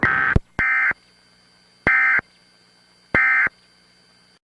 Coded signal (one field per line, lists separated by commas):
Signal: Emergency Alert System (SAME) tones